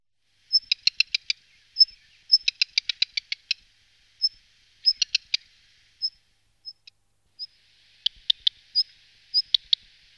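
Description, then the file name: Black redstart calling: a thin high note followed by quick dry ticking runs, repeated in short bouts with pauses of a second or two. "rehek-domácí"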